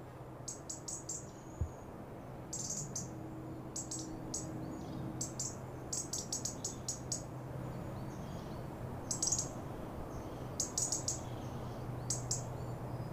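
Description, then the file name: European robin giving high, thin ticking and sharp notes in short irregular clusters over a steady low hum. "Erithacus rubecula"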